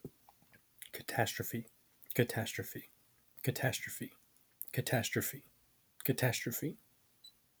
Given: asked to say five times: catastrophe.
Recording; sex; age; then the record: repeated word; male; 20 to 29 years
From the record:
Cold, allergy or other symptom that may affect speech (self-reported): no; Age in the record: 25 years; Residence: North Carolina, United States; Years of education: 20